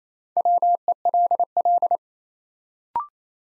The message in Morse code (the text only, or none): WELL